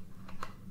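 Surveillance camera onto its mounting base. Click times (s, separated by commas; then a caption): 0.4 s. A plastic Reolink Argus Track 4K security camera is moved around to find the right position on its plastic mounting base, with a soft tap at 0.3 s. A sharp click at 0.4 s is heard as the camera clips onto the base and is seated.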